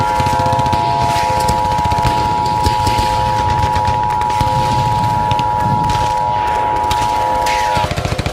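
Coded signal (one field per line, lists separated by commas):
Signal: Emergency Alert System (SAME) tones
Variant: 853 and 960 Hz attention tone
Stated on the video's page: Fictional EAS scenario, not a real alert.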